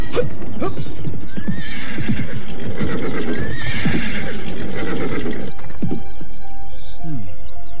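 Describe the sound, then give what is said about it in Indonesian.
A horse lets out a long, shrill, wavering whinny over steady clip-clopping hooves as riders travel on horseback after riding all night, then the neighing fades, leaving scattered hoof clops and a few brief high squeals. “Kita telah berkuda semalam-malaman.”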